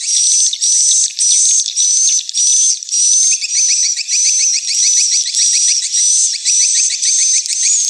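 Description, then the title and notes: Swiftlet calls: regular high, buzzy trills repeated in bursts about every half second, with a lower clicking rattle joining midway. Swiftlet house lure sounds, AKAU brand, Tien Giang, Vietnam. "Am thanh nha yen Akau Vietnam - Tien giang. Những âm thanh chim yến thuộc thương hiệu AKAU"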